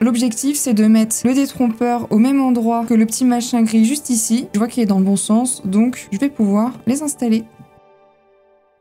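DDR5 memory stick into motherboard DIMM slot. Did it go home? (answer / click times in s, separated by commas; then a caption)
no / none. A DDR5 memory stick is handled over a motherboard DIMM slot, with its key notch being lined up with the slot key before it is pushed in. Someone talks over background music, which fades out near the end. Nothing has seated or clicked yet; the stick is not yet home.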